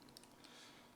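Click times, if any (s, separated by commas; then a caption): 0.2 s. A plastic part of a 1/8 scale Bugatti Veyron model is pushed into its mating part on the lock side, with faint ticks and a sharp, quiet snap at 0.2 s over low background hiss. The part seats and is confirmed properly fitted.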